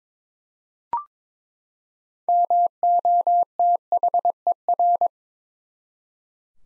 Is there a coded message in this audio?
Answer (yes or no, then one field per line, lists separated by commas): yes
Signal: Morse code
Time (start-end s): 2.3-5.1 s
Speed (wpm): 22 wpm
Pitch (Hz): 700 Hz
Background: none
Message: MOTHER